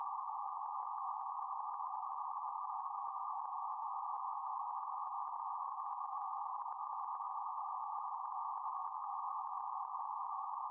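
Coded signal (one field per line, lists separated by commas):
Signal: PSK31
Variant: BPSK31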